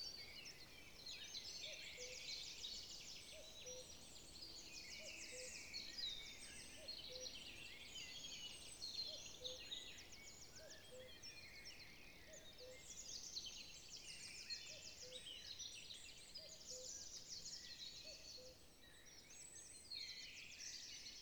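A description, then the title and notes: A walk in the woods, filled with a dense, unbroken chorus of bright chirping and trilling birdsong that overlaps constantly for the whole stretch. Beneath it, a lower soft call repeats every second or two, over a steady faint hiss of background noise. A walk in the woods.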